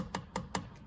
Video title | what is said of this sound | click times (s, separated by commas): Oil Change - Learning the Safety Wire Procedure | the click yep there we go | 0.6 s